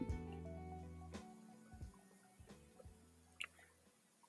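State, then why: Seated. A RAM stick is pressed down into a motherboard DIMM slot until the side latches click, and the module seats with a sharp click at 3.4 s. Before that, there is a low tonal hum and some soft handling noises. The first module is confirmed back in place.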